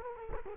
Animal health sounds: mosquito wingbeat signal from an infrared sensor; Culex quinquefasciatus

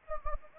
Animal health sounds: mosquito wingbeat signal from an infrared sensor; Anopheles gambiae

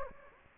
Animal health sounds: mosquito wingbeat signal from an infrared sensor; Anopheles gambiae

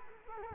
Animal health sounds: mosquito wingbeat signal from an infrared sensor; Culex quinquefasciatus

